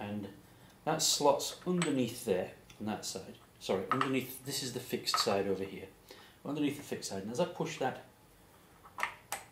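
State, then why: Seated. Someone talks while a camera quick-release plate is slotted under the fixed side of a geared tripod head clamp and pushed down. Sharp clicks come at 9.0 s and 9.3 s as the plunger releases the spring and closes the clamp. The plate is seated in the head.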